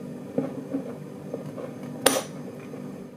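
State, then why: Seated. A bronze washer is being fitted into the pocket of a CJ0618 7x12 mini lathe's cross slide to remove backlash. Light metallic taps and shuffles are heard while it is lined up, including a small knock at about 0.4 s. The washer pops into place with a sharp, bright click at 2.1 s.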